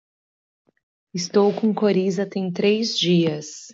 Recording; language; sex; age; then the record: spoken sentence; Brazilian Portuguese; female; 30 to 39 years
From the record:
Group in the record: control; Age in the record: 33 years